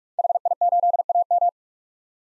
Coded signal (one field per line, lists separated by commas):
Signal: Morse code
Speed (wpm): 44 wpm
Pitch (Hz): 700 Hz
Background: none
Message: HI8AM